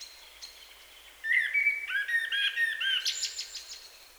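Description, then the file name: Common blackbird delivering one long warbled phrase of fluty whistles that rises at the end into high, squeaky chattering notes. "Turdus merula"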